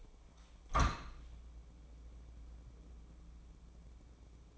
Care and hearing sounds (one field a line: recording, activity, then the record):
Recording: daily activity, microphone in the room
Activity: open window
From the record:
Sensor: 1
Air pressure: 1012.3 hPa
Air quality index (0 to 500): 167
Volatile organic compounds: 3 ppm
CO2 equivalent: 1361 ppm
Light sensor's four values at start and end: 158/353/157/165 and 151/341/150/159